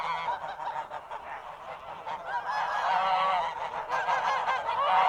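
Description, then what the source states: Goose: geese honking together in a dense, continuous chorus of overlapping nasal calls that grows louder toward the end. A horde of geese honking.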